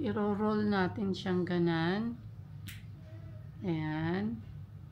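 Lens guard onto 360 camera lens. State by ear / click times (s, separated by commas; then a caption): not seated / none. A plastic lens guard is being handled and fitted over the lens of an Insta360 X4 360 camera. Someone talks throughout, with a brief faint high tick near 2.7 s. Nothing has seated or clicked yet.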